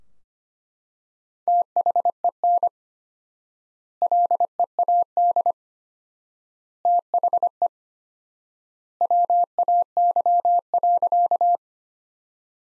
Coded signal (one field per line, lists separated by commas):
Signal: Morse code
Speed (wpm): 25 wpm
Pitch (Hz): 700 Hz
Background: none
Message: THEN LEAD THE WAY.